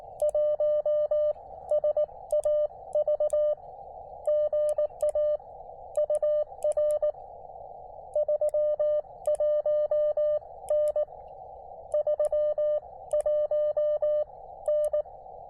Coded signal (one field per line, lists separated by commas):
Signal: Morse code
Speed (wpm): 18 wpm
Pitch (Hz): 590 Hz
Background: none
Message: 1 SAV GA UR 31N 31N